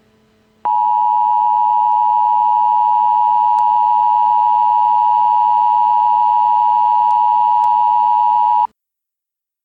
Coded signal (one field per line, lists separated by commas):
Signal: Emergency Alert System (SAME) tones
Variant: 853 and 960 Hz attention tone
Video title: EAS scenario #1: It lurks